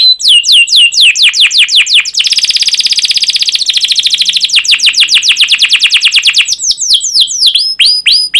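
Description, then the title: Canary song: rapid descending chirps leading into a long, fast rolling trill of repeated notes, closing with higher sweeping phrases. Energetic, fast, dense canary song with chirping and rolling phrases, played to lure and teach young canaries to sing. "Kenari Gacor Speed RAPAT Cuit Cuit Ngero L Suara Bagus Untuk Pancingan Kenari Paud Belajar Bunyi"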